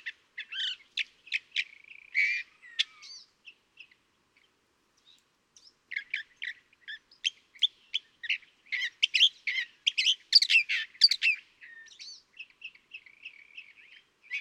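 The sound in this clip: California thrasher song, varied chips, rattles and slurred whistles, a lull midway, then a dense, louder run of mixed phrases.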